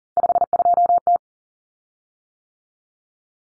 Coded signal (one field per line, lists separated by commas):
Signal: Morse code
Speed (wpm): 40 wpm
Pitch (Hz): 700 Hz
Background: none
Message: 52T